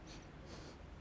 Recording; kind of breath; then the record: one breath in and out by a microphone near the nose and mouth; strong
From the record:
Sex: male